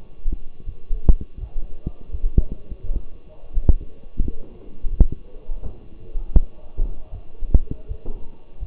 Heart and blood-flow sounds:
heart sounds by stethoscope; between the tricuspid and mitral areas; 83 bpm
0.65 s: heartbeat
1.39 s: heartbeat
2.11 s: heartbeat
2.82 s: heartbeat
3.53 s: heartbeat
4.21 s: heartbeat
4.90 s: heartbeat
5.62 s: heartbeat
6.33 s: heartbeat
7.11 s: heartbeat
7.88 s: heartbeat
8.59 s: heartbeat
From the record:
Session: walking at 3.7 km/h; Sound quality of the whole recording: partially saturated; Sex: male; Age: 24 years

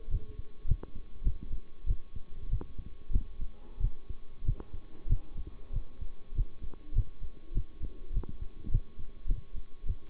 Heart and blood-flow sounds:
heart sounds by stethoscope; between the tricuspid and mitral areas; 98 bpm
0.07 s: heartbeat
0.64 s: heartbeat
1.21 s: heartbeat
1.84 s: heartbeat
2.46 s: heartbeat
3.09 s: heartbeat
3.77 s: heartbeat
4.41 s: heartbeat
5.05 s: heartbeat
5.70 s: heartbeat
6.32 s: heartbeat
6.92 s: heartbeat
7.51 s: heartbeat
8.10 s: heartbeat
8.68 s: heartbeat
9.25 s: heartbeat
9.83 s: heartbeat
From the record:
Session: bicycle stress test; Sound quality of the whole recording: good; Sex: male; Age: 23 years

